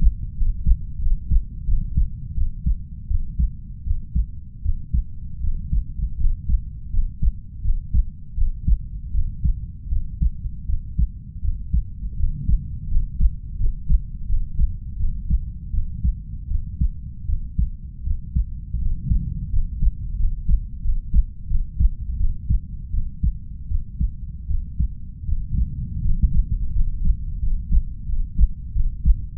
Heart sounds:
heart sounds by stethoscope; 82 bpm
0.34 s: heartbeat
0.98 s: heartbeat
1.64 s: heartbeat
2.33 s: heartbeat
3.07 s: heartbeat
3.83 s: heartbeat
4.61 s: heartbeat
5.39 s: heartbeat
6.16 s: heartbeat
6.89 s: heartbeat
7.61 s: heartbeat
8.34 s: heartbeat
9.10 s: heartbeat
9.88 s: heartbeat
10.65 s: heartbeat
11.40 s: heartbeat
12.15 s: heartbeat
12.87 s: heartbeat
13.56 s: heartbeat
14.25 s: heartbeat
14.96 s: heartbeat
15.70 s: heartbeat
16.47 s: heartbeat
17.25 s: heartbeat
18.02 s: heartbeat
18.78 s: heartbeat
19.49 s: heartbeat
20.16 s: heartbeat
20.81 s: heartbeat
21.47 s: heartbeat
22.16 s: heartbeat
22.90 s: heartbeat
23.67 s: heartbeat
24.46 s: heartbeat
25.24 s: heartbeat
26.01 s: heartbeat
26.72 s: heartbeat
27.39 s: heartbeat
28.05 s: heartbeat
28.72 s: heartbeat
From the record:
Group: healthy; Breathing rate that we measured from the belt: 9 breaths a minute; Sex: female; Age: 32 years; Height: 168 cm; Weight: 61.9 kg

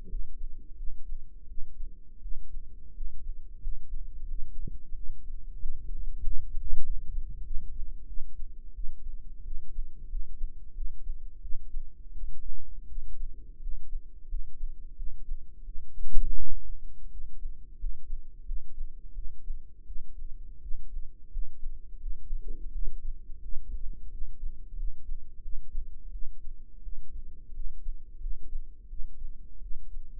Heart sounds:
heart sounds by microphone in the right ear; 87 bpm
0.07 s: heartbeat
0.75 s: heartbeat
1.46 s: heartbeat
2.20 s: heartbeat
2.93 s: heartbeat
3.59 s: heartbeat
4.26 s: heartbeat
4.93 s: heartbeat
5.58 s: heartbeat
6.21 s: heartbeat
6.82 s: heartbeat
7.42 s: heartbeat
8.05 s: heartbeat
8.73 s: heartbeat
9.43 s: heartbeat
10.07 s: heartbeat
10.73 s: heartbeat
11.40 s: heartbeat
12.12 s: heartbeat
12.87 s: heartbeat
13.59 s: heartbeat
14.27 s: heartbeat
14.94 s: heartbeat
15.63 s: heartbeat
16.36 s: heartbeat
17.09 s: heartbeat
17.76 s: heartbeat
18.44 s: heartbeat
19.13 s: heartbeat
19.84 s: heartbeat
20.60 s: heartbeat
21.29 s: heartbeat
21.98 s: heartbeat
22.70 s: heartbeat
23.40 s: heartbeat
24.09 s: heartbeat
24.75 s: heartbeat
25.40 s: heartbeat
26.10 s: heartbeat
26.81 s: heartbeat
27.52 s: heartbeat
28.18 s: heartbeat
28.87 s: heartbeat
29.60 s: heartbeat
From the record:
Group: healthy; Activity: rest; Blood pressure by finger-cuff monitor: 131/94 mmHg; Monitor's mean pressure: 105 mmHg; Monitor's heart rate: 88 bpm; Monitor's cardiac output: 6.2 L/min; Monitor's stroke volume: 71 mL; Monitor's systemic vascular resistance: 1280 dyn s/cm5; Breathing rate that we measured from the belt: 17 breaths a minute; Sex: male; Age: 21 years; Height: 180 cm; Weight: 67.5 kg

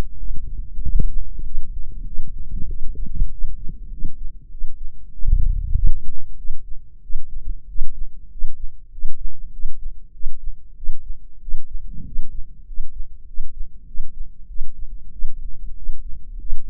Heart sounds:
heart sounds by microphone in the left ear; 96 bpm
0.17 s: heartbeat
0.80 s: heartbeat
1.43 s: heartbeat
2.05 s: heartbeat
2.67 s: heartbeat
3.30 s: heartbeat
3.90 s: heartbeat
4.49 s: heartbeat
5.10 s: heartbeat
5.73 s: heartbeat
6.36 s: heartbeat
7.01 s: heartbeat
7.67 s: heartbeat
8.29 s: heartbeat
8.90 s: heartbeat
9.51 s: heartbeat
10.12 s: heartbeat
10.75 s: heartbeat
11.40 s: heartbeat
12.04 s: heartbeat
12.65 s: heartbeat
13.25 s: heartbeat
13.85 s: heartbeat
14.47 s: heartbeat
15.11 s: heartbeat
15.75 s: heartbeat
16.38 s: heartbeat
From the record:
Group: healthy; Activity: rest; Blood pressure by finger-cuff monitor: 144/101 mmHg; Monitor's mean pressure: 114 mmHg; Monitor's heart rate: 96 bpm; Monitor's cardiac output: 7.9 L/min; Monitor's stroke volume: 82 mL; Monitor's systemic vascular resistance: 1070 dyn s/cm5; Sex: male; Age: 23 years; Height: 179 cm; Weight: 87 kg

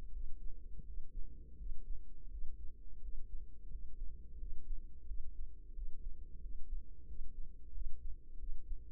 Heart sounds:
heart sounds by microphone in the right ear; 87 bpm
0.09 s: heartbeat
0.82 s: heartbeat
1.55 s: heartbeat
2.27 s: heartbeat
2.98 s: heartbeat
3.67 s: heartbeat
4.36 s: heartbeat
5.04 s: heartbeat
5.72 s: heartbeat
6.38 s: heartbeat
7.04 s: heartbeat
7.70 s: heartbeat
8.36 s: heartbeat
From the record:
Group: healthy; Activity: cold pressor test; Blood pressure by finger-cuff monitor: 131/79 mmHg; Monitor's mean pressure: 98 mmHg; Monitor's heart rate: 88 bpm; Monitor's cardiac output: 7.3 L/min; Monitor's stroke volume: 85 mL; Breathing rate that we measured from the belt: 21 breaths a minute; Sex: female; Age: 32 years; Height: 172 cm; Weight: 71.7 kg

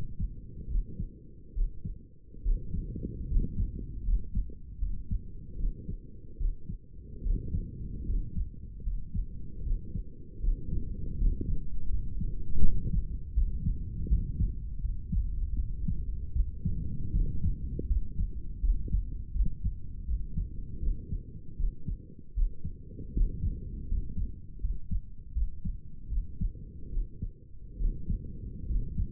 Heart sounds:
heart sounds by stethoscope; 77 bpm
0.68 s: heartbeat
1.54 s: heartbeat
2.43 s: heartbeat
3.28 s: heartbeat
4.05 s: heartbeat
4.80 s: heartbeat
5.57 s: heartbeat
6.38 s: heartbeat
7.23 s: heartbeat
8.07 s: heartbeat
8.84 s: heartbeat
9.63 s: heartbeat
10.41 s: heartbeat
11.18 s: heartbeat
11.90 s: heartbeat
12.61 s: heartbeat
13.35 s: heartbeat
14.09 s: heartbeat
14.82 s: heartbeat
15.56 s: heartbeat
16.34 s: heartbeat
17.13 s: heartbeat
17.88 s: heartbeat
18.61 s: heartbeat
19.33 s: heartbeat
20.06 s: heartbeat
20.81 s: heartbeat
21.57 s: heartbeat
22.35 s: heartbeat
23.14 s: heartbeat
23.88 s: heartbeat
24.61 s: heartbeat
25.34 s: heartbeat
26.09 s: heartbeat
26.90 s: heartbeat
27.78 s: heartbeat
28.67 s: heartbeat
From the record:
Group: healthy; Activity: rest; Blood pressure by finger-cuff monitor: 127/72 mmHg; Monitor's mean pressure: 84 mmHg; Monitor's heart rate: 78 bpm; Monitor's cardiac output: 7.1 L/min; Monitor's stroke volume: 92 mL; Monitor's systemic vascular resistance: 840 dyn s/cm5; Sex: male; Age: 35 years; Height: 180 cm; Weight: 86.9 kg

